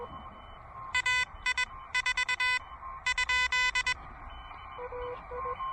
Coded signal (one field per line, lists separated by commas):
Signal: Morse code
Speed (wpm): 21 wpm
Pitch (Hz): 2000 Hz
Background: none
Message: AI4 ?